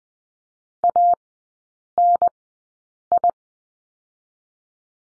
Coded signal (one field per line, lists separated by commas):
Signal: Morse code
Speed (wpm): 20 wpm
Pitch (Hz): 700 Hz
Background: none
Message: ANI